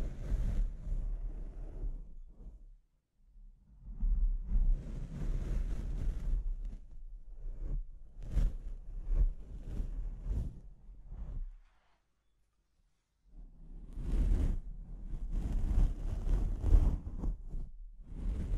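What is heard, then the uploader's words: Harsh microphone scratching and rubbing in dense, rumbling bursts, with sharp crackles, falling silent around 3 and 12–13 seconds before resuming. ASMR Brain Melting Mic Scratching (No Talking).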